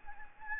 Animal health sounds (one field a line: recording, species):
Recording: mosquito wingbeat signal from an infrared sensor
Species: Anopheles gambiae